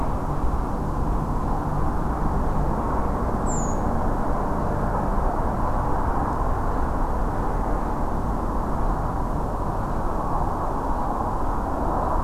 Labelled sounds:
Redwing (Turdus iliacus)
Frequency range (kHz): Redwing (Turdus iliacus) 6.4-8.2 kHz
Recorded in France

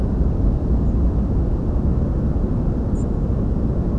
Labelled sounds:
European Robin (Erithacus rubecula)
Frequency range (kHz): European Robin (Erithacus rubecula) 6.4-9.1 kHz
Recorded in France

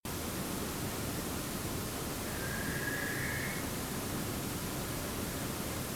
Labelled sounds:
Western Barn Owl (Tyto alba)
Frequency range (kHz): Western Barn Owl (Tyto alba) 1.0-2.4 kHz
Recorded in France

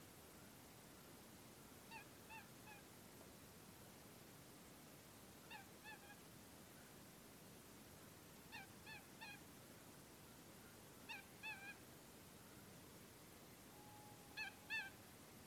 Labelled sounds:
Eurasian Coot (Fulica atra), Tawny Owl (Strix aluco)
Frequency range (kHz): Eurasian Coot (Fulica atra) 0.7-6.3 kHz; Tawny Owl (Strix aluco) 0.7-0.9 kHz
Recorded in France

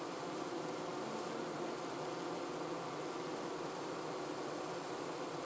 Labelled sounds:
none
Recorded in France

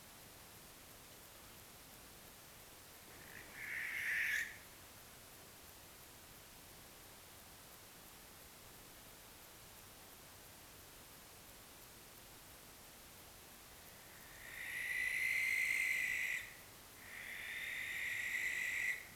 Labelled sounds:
Western Barn Owl (Tyto alba)
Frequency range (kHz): Western Barn Owl (Tyto alba) 1.0-13.1 kHz
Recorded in France

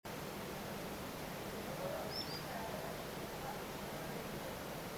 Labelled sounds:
Common Sandpiper (Actitis hypoleucos)
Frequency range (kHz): Common Sandpiper (Actitis hypoleucos) 4.0-5.7 kHz
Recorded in France

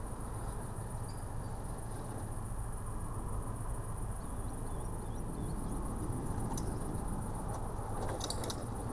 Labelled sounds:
man-made sound, Green Sandpiper (Tringa ochropus)
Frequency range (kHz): Green Sandpiper (Tringa ochropus) 3.2-6.9 kHz
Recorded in France

